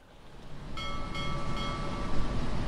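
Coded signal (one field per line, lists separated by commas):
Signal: none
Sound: train crossing bell dings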